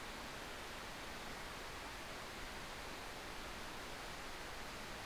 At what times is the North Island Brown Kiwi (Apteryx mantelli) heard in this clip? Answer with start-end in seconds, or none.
none